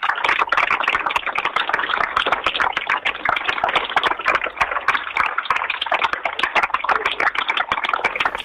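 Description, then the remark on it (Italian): Sustained applause from a crowd of supporters gathered in Piazza Maggiore during a press conference, a dense, steady crackle of many hands clapping that stays loud and even for the whole stretch, with no voices standing out. “Applausi dei solidali, ovviamente giunti in Piazza Maggiore per esprimere solidarietà appunto alla Labà sgomberato questa mattina, al centro sociale di Via Orfeo 46, che da 5 anni occupava la ex caserma Masini.”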